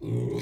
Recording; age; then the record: pig call; weaner (32 to 43 days)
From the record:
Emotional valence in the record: negative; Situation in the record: novel object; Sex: female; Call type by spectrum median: low-frequency call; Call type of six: mixed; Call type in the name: high-frequency modulated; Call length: 0.42 s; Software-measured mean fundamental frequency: 158 Hz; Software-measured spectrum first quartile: 129 Hz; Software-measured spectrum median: 248 Hz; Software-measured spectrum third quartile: 468 Hz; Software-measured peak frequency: 140 Hz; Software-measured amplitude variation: 110 dB a second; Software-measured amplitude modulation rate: 24.9 a second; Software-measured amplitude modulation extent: 4.4 dB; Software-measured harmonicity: 0.6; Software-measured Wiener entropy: -0.57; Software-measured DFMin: 1255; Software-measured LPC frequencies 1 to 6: 346, 2184, 3452, 4070, 5498, 6049 Hz